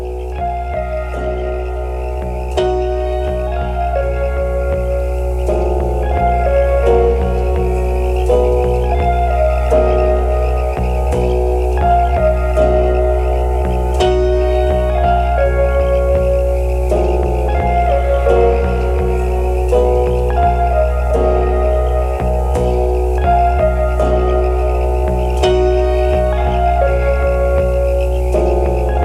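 Calm background music with a steady low drone beneath slow, bell-like melodic notes that chime every second or two at an even, unchanging loudness.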